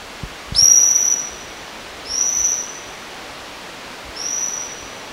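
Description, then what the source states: Bornean whistling thrush repeating a high, thin, level whistle about every two seconds, three times, with a faint higher overtone and background hiss. Recorded 15 August 2009.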